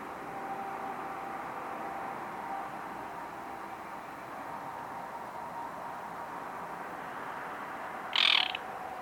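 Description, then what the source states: Baillon's crake making one brief, harsh call near the end, after several seconds of quiet, even background noise. Recorded at Ammersee on 12 June 2015.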